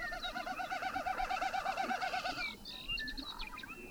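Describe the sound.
Bird song: a fast, steady series of wavering rolling notes for over two seconds, followed by a few soft chirps.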